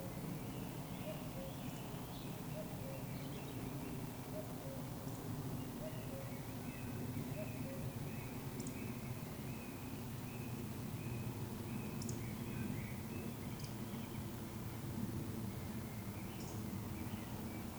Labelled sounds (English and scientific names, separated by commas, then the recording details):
Eurasian Woodcock (Scolopax rusticola)
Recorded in Baden-Württemberg, Germany, on 11 June 2020 at 19:46 UTC
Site 14569, 102 m above sea level